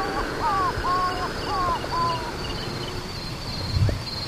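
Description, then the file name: Giant snipe call, a run of four arched notes, with a constant insect drone behind. "Gallinagoundulata"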